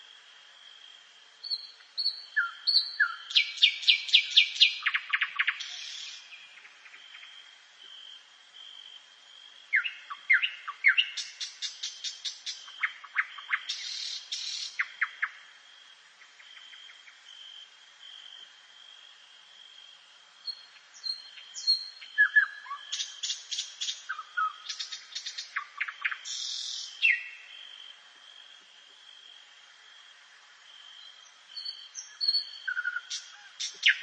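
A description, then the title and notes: A rainforest bird sings in bursts of rapid, bright trills and sharp chirps, with phrases around the start, the middle and near the end, separated by quieter gaps. Beneath it, insects keep up a steady, high, even buzzing the whole time. The rainforest bird singing in the primeval forest, the soothing insect chirping.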